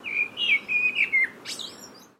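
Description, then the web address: Blackbird calling: a run of five clear whistled notes at a fairly steady mid-high pitch, followed by a higher squeaky phrase. "Sound Effects-Foundation 1 BIRD BLACKBIRD CALL"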